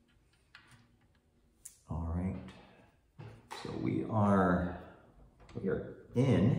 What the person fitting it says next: no click yet